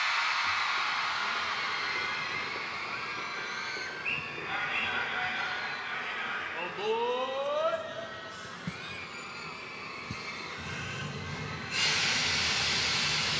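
A steam train hisses loudly and steadily as it rolls along, with a few rising, whistle-like tones sliding upward midway and a fresh surge of hiss near the end.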